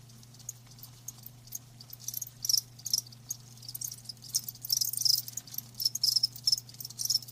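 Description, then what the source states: Cricket chirps come as high, raspy pulses, sparse at first and then bunching into closer bursts, over a soft low hum. Live crickets chirping with a lulling song.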